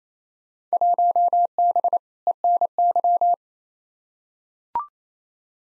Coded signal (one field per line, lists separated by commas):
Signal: Morse code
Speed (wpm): 28 wpm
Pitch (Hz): 700 Hz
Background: none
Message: 1B ENY